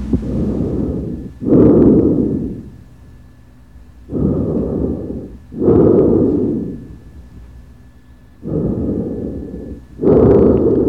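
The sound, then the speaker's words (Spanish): Tracheal breath sounds heard through a stethoscope: three full breath cycles, each a harsh, hollow, low rushing inhale followed by a louder exhale, separated by quiet pauses. No talking. “El sonido de la tráquea.”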